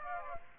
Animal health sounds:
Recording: mosquito wingbeat signal from an infrared sensor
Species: Aedes aegypti

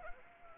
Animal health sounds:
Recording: mosquito wingbeat signal from an infrared sensor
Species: Anopheles arabiensis

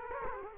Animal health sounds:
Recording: mosquito wingbeat signal from an infrared sensor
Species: Culex quinquefasciatus

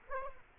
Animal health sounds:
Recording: mosquito wingbeat signal from an infrared sensor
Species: Culex quinquefasciatus

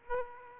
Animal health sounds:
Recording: mosquito wingbeat signal from an infrared sensor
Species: Aedes aegypti

